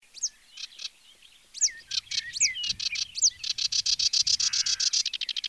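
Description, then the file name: Sedge warbler song mixing sharp whistled upslurs and scratchy notes, building into a rapid, rhythmic buzzing trill; a low rumbling background noise runs underneath. "Phragmite des joncs"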